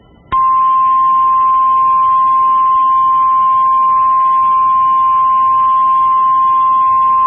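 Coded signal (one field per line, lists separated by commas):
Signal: Emergency Alert System (SAME) tones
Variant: 1050 Hz attention tone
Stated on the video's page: Valid EAS tones of a severe thunderstorm warning.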